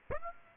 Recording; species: mosquito wingbeat signal from an infrared sensor; Aedes aegypti